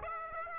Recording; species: mosquito wingbeat signal from an infrared sensor; Aedes aegypti